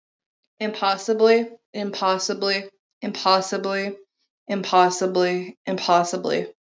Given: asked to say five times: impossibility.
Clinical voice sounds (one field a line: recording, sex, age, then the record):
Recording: repeated word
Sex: female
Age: 20 to 29 years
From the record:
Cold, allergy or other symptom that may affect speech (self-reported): no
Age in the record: 25 years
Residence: Michigan, United States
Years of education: 13